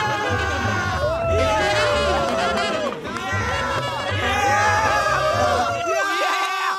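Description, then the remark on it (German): A stadium crowd roars nonstop as Washington wins, a loud mass of hooting, shouting and shrill rising whistles over a low rumble of stamping feet, briefly dipping before swelling again. “Das Stadion johlte, pfiff, trampelte, schrie.”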